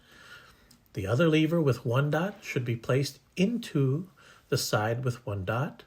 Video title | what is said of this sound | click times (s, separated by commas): i3 Pro Cleaning and Maintenance | them over the back of the control head and press until they click | 0.7 s